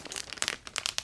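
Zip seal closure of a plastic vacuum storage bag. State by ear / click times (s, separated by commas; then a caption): seated / 0.4 s, 0.5 s, 0.8 s, 0.9 s, 1.0 s. A closing clip is run along the plastic zip seal of a vacuum storage bag, giving a series of sharp clicks at 0.4, 0.5, 0.8, 0.9 and 1.0 seconds. The seal clicks shut along its length and is fully closed.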